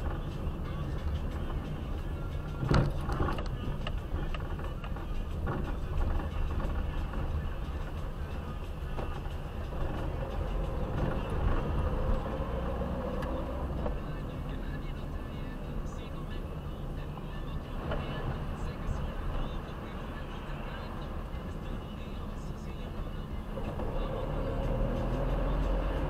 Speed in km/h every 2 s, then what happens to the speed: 21, 22, 17, 14, 15, 17, 19, 23, 23, 20, 20, 20, 18.
0-7 slows to 14. 7-14 speeds up to 23. 14-26 steady at about 20.